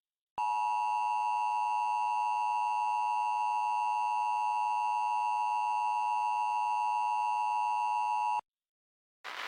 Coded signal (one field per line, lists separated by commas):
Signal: Emergency Alert System (SAME) tones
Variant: 853 and 960 Hz attention tone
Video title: EAS Scenario: The Pumpkin Patch Plague